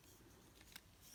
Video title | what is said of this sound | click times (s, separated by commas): Transformers Legacy Voyager Class Armada Universe Starscream Review | so that this can click and I feel like this isn't quite clicked in | 0.8 s